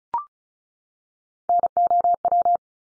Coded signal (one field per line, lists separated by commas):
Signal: Morse code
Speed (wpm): 36 wpm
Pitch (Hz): 700 Hz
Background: none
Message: NOW